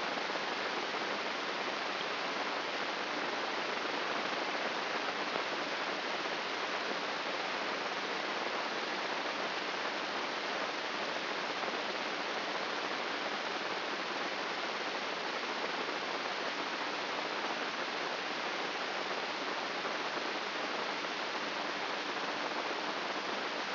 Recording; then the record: brain microelectrode recording played as sound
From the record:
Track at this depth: inside the subthalamic nucleus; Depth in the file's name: 6.029 mm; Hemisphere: left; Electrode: 3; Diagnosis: Parkinson's disease